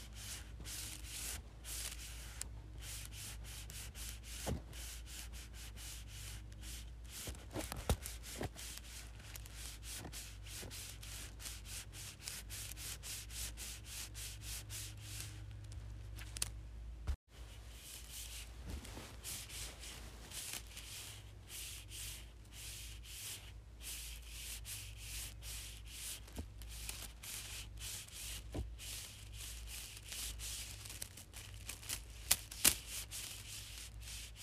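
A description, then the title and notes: Small straws rub together in a dense, continuous scratchy rustle, bright, with brief sharper ticks and a short pause near seventeen seconds. Rubbing Small Straws Together.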